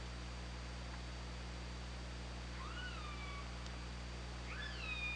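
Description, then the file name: Orca giving two upswept harmonic calls that rise and then level off, the second near the end, over a steady low hum and hiss. Recorded on an OrcaLab hydrophone, 24 August 2017, 22:54. "Orca Lab UTLN JASON 20170824 225402"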